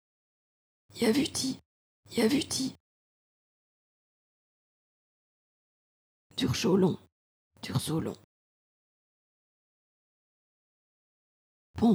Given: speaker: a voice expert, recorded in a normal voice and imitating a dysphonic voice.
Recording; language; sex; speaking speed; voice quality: pseudo-word pairs; French; female; fast speed; dysphonic voice